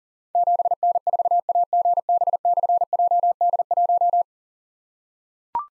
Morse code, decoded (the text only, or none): 7N4AGB/JD1